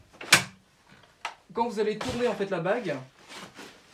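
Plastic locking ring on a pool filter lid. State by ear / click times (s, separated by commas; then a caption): seated / 0.3 s. A plastic locking ring on a pool filter lid is turned closed by hand until it reaches its tightening point and gives a small sharp click at 0.3 s, confirming the lid is tight and watertight. A second fainter tap follows at 1.3 s, then someone talks.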